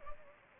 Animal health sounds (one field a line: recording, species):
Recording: mosquito wingbeat signal from an infrared sensor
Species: Anopheles arabiensis